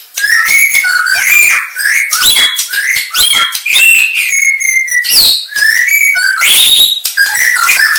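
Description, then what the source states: White-rumped shama singing steadily, with rich slurred whistles near mid pitch, high sharp notes and quick trills, phrases repeated in a fast, lively flow. Aceh variety of white-rumped shama.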